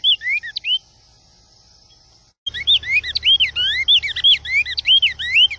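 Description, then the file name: Cinnamon tanager singing in two bursts of swooping, whistled notes, a short phrase, then a pause, then a longer, busier run. "Canto do bico de veludo"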